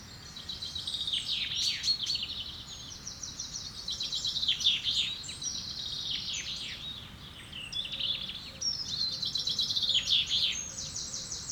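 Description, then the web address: Birds singing together, a dense chorus of high twittering phrases and rapid trills that swell and fade in bursts throughout. Woodland birds. "Effects 02-Birds, Insects Animals. Birds woodland"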